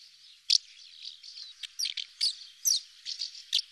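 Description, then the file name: A swallow gives sharp, high chirps and brief twittering notes spaced irregularly through a few seconds. "Hirondelle"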